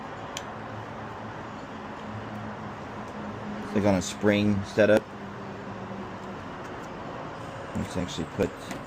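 The spring-loaded side access door on a GoPro Hero 13 Black action camera is popped open, giving a single sharp click at 0.4 s as it is released. Someone then talks over a steady low background hum.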